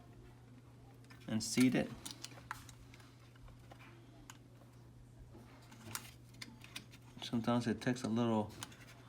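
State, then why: Not seated. An internal component is being nested into the body of a Phantom 4 Pro / 4 Advance Obsidian drone during a rebuild, with faint handling ticks and taps scattered through the clip while someone talks. Nothing has seated or clicked into place yet.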